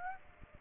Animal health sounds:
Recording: mosquito wingbeat signal from an infrared sensor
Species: Aedes aegypti

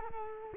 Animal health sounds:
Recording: mosquito wingbeat signal from an infrared sensor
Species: Culex quinquefasciatus

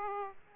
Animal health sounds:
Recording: mosquito wingbeat signal from an infrared sensor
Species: Aedes aegypti

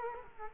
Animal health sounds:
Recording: mosquito wingbeat signal from an infrared sensor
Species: Culex quinquefasciatus

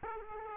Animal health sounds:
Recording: mosquito wingbeat signal from an infrared sensor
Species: Aedes aegypti

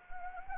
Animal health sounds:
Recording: mosquito wingbeat signal from an infrared sensor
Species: Anopheles gambiae

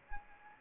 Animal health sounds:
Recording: mosquito wingbeat signal from an infrared sensor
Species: Anopheles arabiensis

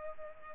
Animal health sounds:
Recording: mosquito wingbeat signal from an infrared sensor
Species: Culex pipiens

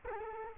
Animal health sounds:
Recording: mosquito wingbeat signal from an infrared sensor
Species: Culex quinquefasciatus

